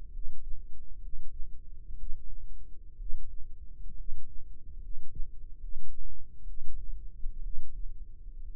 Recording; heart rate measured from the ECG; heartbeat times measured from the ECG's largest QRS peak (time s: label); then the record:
heart sounds by microphone in the left ear; 65 bpm
0.09 s: heartbeat
0.98 s: heartbeat
1.94 s: heartbeat
2.95 s: heartbeat
3.94 s: heartbeat
4.78 s: heartbeat
5.56 s: heartbeat
6.43 s: heartbeat
7.40 s: heartbeat
8.42 s: heartbeat
From the record:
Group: healthy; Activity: cold pressor test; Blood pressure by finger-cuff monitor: 85/44 mmHg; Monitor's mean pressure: 55 mmHg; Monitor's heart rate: 64 bpm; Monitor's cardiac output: 7.9 L/min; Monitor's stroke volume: 121 mL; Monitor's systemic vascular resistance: 480 dyn s/cm5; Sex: male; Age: 22 years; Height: 185 cm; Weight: 112.4 kg